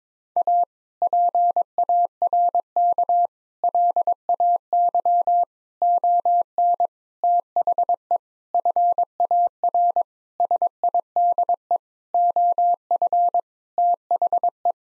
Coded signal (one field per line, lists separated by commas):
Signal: Morse code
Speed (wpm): 22 wpm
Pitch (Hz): 700 Hz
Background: none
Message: A PARK LAY ON THE FAR SIDE OF THE